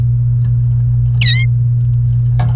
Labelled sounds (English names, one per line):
Domestic Canary song